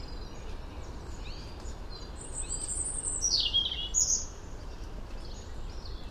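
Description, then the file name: European robin song, a short burst of high, sliding, twittering notes in the middle, then quieter faint phrases, with constant low rumbling noise beneath. "Erithacus rubecula"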